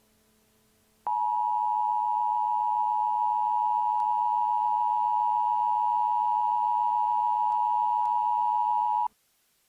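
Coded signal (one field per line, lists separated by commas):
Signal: Emergency Alert System (SAME) tones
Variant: 853 and 960 Hz attention tone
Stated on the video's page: Fictional simulated EAS scenario using valid Emergency Alert System tones.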